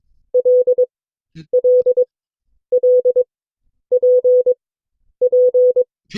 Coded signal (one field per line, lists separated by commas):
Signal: Morse code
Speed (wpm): 22 wpm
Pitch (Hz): 500 Hz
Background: none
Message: L L L P P